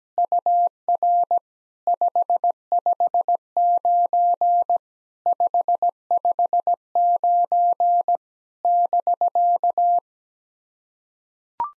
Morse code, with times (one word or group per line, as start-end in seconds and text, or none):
0.2-1.4 UR
1.9-4.8 559
5.3-8.2 559
8.6-10.0 <BK>